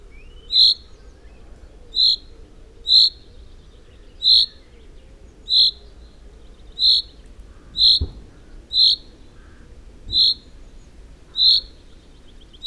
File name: Common-Chaffinch- -Fringilla-coelebs